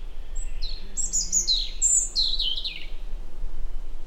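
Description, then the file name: European robin song: a thin high whistle, then rapid tumbling phrases of sweet, sliding notes and quick trills, over a low steady hum. "Erithacus rubecula"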